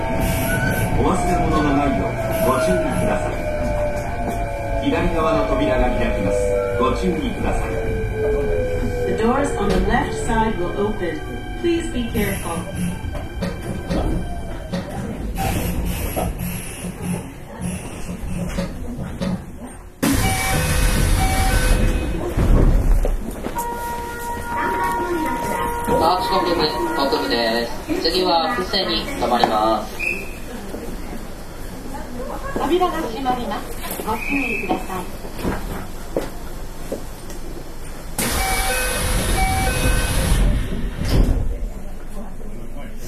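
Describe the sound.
Recorded aboard an express train on the Osaka Line, with a steady low rumble of the running train throughout. Tones glide downward in the first fifteen seconds, and voices come and go over the noise, with bursts of louder rushing around 15, 20 and 38 seconds.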